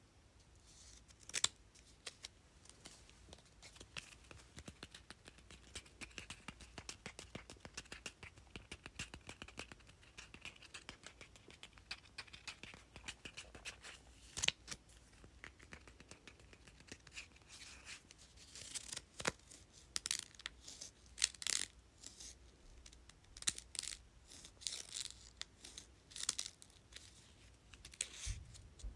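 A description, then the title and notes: Sticky notes are flipped and tapped in dense, irregular clicks and papery flutters, with louder sharp taps near 1, 14, and 19 seconds. Flipping and tapping sticky notes.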